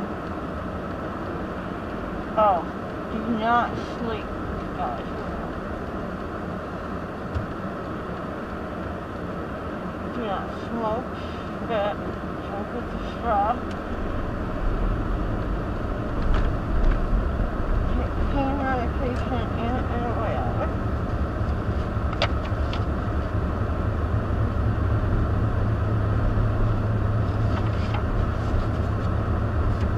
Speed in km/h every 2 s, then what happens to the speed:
0, 0, 0, 0, 0, 0, 0, 15, 23, 29, 32, 32, 35, 35, 34.
0-13 standing. 13-24 pulls away to 35. 24-30 steady at about 35.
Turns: none.